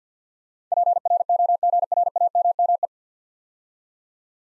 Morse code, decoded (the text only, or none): PROGRAMME